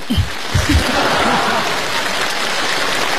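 Dense, steady audience applause at a Beijing Happy Time (北京欢乐时光) 2018 show fills the whole stretch, a continuous crackling wash of many hands clapping, with a short burst of voice at the very start.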